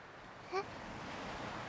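A steady, hissing wash of surf from ocean waves breaking on a beach rolls on without pause, with one brief, high-pitched chirp cutting through near the start.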